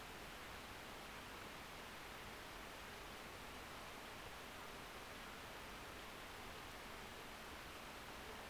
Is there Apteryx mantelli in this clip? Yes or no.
no